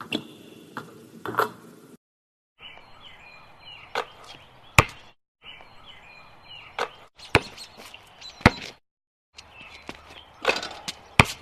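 A basketball bounces in short bursts, each landing a sharp, bright smack, spaced irregularly a second or so apart. The recording drops out into brief silences between passages, and a low hiss with faint rustling fills the gaps.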